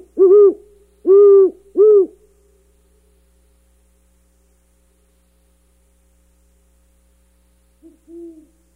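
Great horned owl hooting: three deep, mellow hoots in quick succession, then a long silence and one softer hoot near the end.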